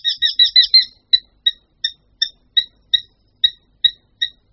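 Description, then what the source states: Eurasian hobby calling: a quick run of sharp, high chattering notes, then spaced single squeaky calls repeated at a steady pace. Voice may slightly resemble that of the common kestrel, a relative of the hobby.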